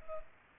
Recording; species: mosquito wingbeat signal from an infrared sensor; Culex pipiens